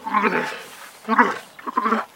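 Camel grunting: three rough, gargling, throaty groans, each under a second long with short gaps between them.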